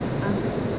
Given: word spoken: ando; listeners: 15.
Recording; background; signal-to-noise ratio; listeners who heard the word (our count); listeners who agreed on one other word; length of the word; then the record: one Spanish word in noise, from a listening test; speech-shaped noise; -4.5 dB; 1 of 15; 8 of 15; 0.39 s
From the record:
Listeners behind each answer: 8, 2, 1, 1, 1, 1, 1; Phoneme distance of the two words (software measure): 37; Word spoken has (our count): 2 syllables, 4 phonemes, stress on syllable 1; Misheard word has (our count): 2 syllables, 5 phonemes, stress on syllable 1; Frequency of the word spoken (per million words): 3.25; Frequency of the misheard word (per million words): 51.02